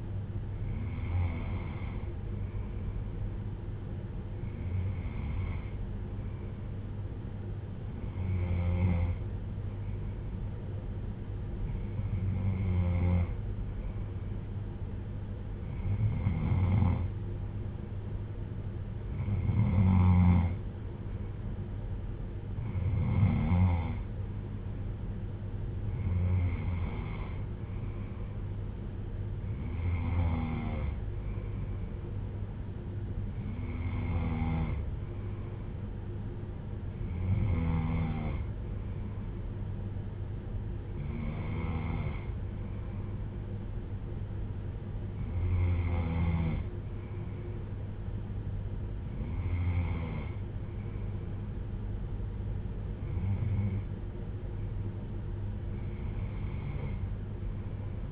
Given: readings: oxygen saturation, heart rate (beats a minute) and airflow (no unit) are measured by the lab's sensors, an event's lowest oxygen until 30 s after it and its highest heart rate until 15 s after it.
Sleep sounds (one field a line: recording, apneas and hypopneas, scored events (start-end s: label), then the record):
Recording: breathing in sleep by a smartphone at the bedside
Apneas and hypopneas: none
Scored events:
none scored
From the record:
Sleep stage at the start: N3 (deep sleep)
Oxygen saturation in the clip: 94 to 95%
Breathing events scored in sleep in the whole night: 310 in 8.1 hours asleep